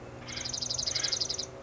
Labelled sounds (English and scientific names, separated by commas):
Acorn Woodpecker (Melanerpes formicivorus)